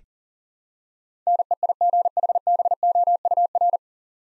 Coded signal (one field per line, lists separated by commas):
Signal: Morse code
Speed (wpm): 40 wpm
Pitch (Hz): 700 Hz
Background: none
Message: NEIGHBOUR